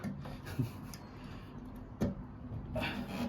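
A fuel line quick-connect fitting is worked back onto the fuel tank outlet of a 2001 Kawasaki Vulcan Nomad 1500cc motorcycle after a failed try. Rubbing and rasping sounds lead to sharp ticks at 0.9 s and 2.0 s, and the connector is confirmed seated.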